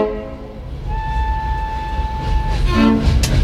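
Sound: train at station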